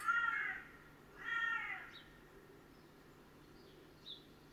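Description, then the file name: Carrion crow calling two rough, drawn-out caws in quick succession, followed by quiet with a faint short high call near the end. "Corvus corone"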